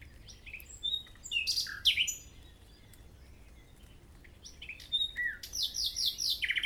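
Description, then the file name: Common nightingale song of varied chirps and slurred whistles, a pause, then a phrase ending in a quick series of repeated downward-sweeping notes. "Luscinia megarhynchos"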